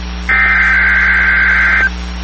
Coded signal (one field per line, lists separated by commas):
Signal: Emergency Alert System (SAME) tones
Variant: header bursts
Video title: EAS #118 Required Weekly Test For KWN34 On NWR